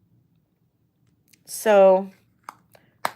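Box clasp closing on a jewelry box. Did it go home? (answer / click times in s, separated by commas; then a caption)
yes / 3.1 s. Someone talks briefly, then the original jewelry box is closed, with small ticks around 2.5 s and 2.8 s. Its metal clasp snaps shut with a sharp click at 3.1 s, and the box clasps perfectly.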